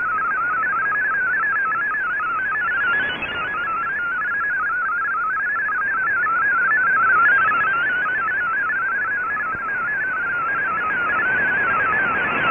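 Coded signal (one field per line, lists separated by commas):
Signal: multi-tone FSK (Olivia or MFSK type)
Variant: MFSK32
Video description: Here is my decode of the Shortwave Radiogram broadcast today on 15770Khz shortwave radio at 1300UTC in MFSK32 and 64 and with 10 SSTV images.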